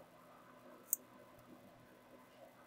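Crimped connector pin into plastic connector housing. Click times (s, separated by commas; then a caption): 0.9 s. A crimped female pin is pushed into a plastic connector housing until its spring latch catches, giving a single short, sharp, high-pitched click at 0.9 s against an otherwise quiet background. The pin is seated in the housing.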